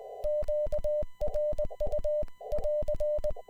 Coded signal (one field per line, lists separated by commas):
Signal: Morse code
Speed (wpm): 21 wpm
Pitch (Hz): 590 Hz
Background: music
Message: QRU<AR>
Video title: Formal Traffic Net using CW (Morse Code)